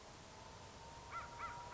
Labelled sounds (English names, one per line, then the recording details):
American Crow
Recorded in Sonoma County, California